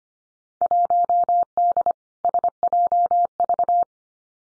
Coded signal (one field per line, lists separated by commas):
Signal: Morse code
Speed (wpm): 25 wpm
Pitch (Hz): 700 Hz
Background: none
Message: 1D SJV